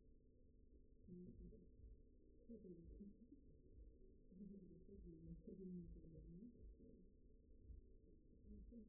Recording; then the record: forearm muscle sounds (acoustic myography)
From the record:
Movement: finger pinch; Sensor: system 2, bracelet of six BSWA MPA416 microphones around the upper forearm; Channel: 6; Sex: male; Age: 22 years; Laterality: right